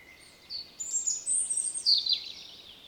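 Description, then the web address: European robin with a short high phrase: a thin sustained whistle, then a bright fluttering run of notes that slides downward at the end. "SETE data Erithacus rubecula"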